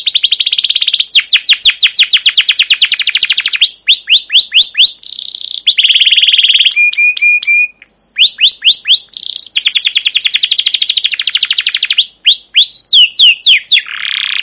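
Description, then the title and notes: Canary delivering long, varied song: dense rattling trills, bursts of swept chirps, a few level whistled notes, barely pausing across the whole stretch. Long chirping 'cuit cuit' rolling song, used to stimulate canaries and as a tutor recording for young canaries learning sounds. "CUIT CUIT NGEROL LANGSUNG GACOR PANJANG Kenari Ini Utk Pancingan KENAR. PANCINGAN Kenari GACOR PANJANG Cuit CUIT EMOSI ini utk MASTERAN Kenari PAUD belajar BUNYI. burung kenari"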